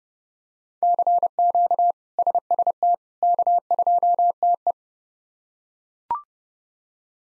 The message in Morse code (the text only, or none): CQ SST K2TE